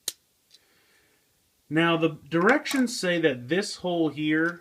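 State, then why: Seated. A plastic wing piece on a transforming toy robot dragon figure is pushed into the body until it locks in, giving a sharp, short click at 0.1 s, followed by a faint tap around 0.6 s. The wing is seated, and from about 1.7 s someone talks.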